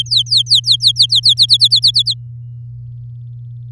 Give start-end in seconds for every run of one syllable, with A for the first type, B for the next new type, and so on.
0.00-1.34 A, 1.37-2.14 B